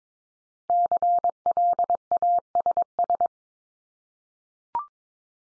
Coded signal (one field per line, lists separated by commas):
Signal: Morse code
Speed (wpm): 22 wpm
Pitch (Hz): 700 Hz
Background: none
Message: CLASS